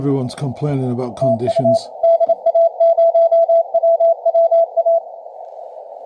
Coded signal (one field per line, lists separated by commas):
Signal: Morse code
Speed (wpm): 28 wpm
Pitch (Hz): 670 Hz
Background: speech, radio noise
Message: TU DA0WWA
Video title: 20 mtrs Da0WWA CW